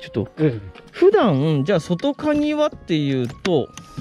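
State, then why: Not seated. Someone talks about the door lock on the entrance door of a kei camper, comparing it to a padlock, with music playing underneath. The door lock is being handled but has not yet been pressed to lock, so nothing has latched or clicked yet.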